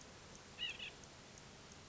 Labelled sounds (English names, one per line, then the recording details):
White-breasted Nuthatch
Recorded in Sonoma County, California